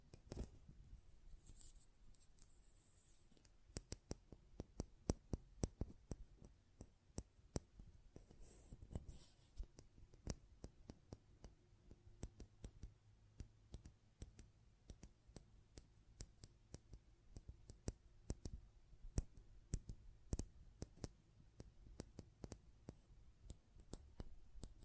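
Close-up metallic clicks and snips tick irregularly but constantly, with a faint low hum underneath.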